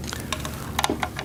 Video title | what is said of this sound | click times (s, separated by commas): MOULTRIE EASY SET UNIVERSAL DIGITAL TIMER II | and push it together till I get a nice click | 0.8 s